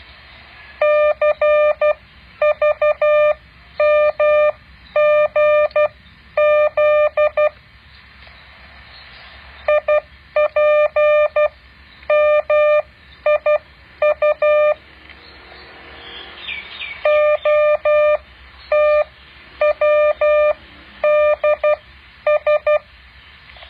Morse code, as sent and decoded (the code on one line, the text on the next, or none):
-.-. ...- -- --. --.. / .. .--. -- .. ..- / --- - .-- -.. ...
CVMGZ IPMIU OTWDS